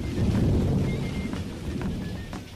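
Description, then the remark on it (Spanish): A deep, rumbling thunderclap rolls out loud at the start and slowly fades, with a low sustained roar and faint patter like rain underneath. No one speaks. “Entonces se escuchó el rayo.”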